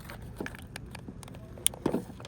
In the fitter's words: Oh, I heard that snap.